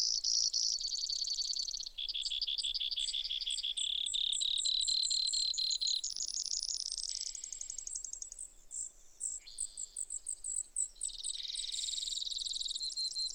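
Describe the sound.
Brewer's sparrow song: extended high trills stepping up and down in pitch, with buzzy stretches and quicker separate notes in the second half.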